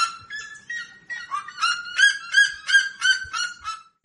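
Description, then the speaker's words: Red-legged Seriema call: a yelping series that grows louder, with harsh barking notes about three per second. "E a Seriema Cariema Cristata é quem vai vocalizar agora."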